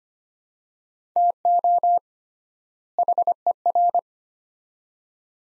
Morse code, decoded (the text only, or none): TO HER